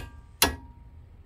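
A torque wrench with an inch-and-a-quarter socket makes a second pass on the axle hub nut of a Nissan Sentra during a hub bearing replacement. It gives one sharp click at 0.4 s, confirming the nut is tight enough at the setting. A faint steady tone lingers after it over low background noise.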